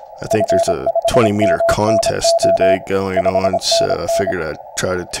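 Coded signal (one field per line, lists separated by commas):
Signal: Morse code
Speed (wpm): 26 wpm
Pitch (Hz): 670 Hz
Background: speech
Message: F5MNO 5NN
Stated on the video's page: CW received with an RTL-SDR dongle and HDSDR.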